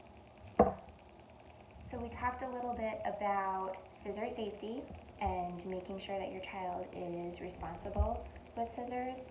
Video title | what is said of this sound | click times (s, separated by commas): Scissor skills/ tree collage | then when we're done we twist that glue down and they can put the cap back on until you hear a snap | 0.6 s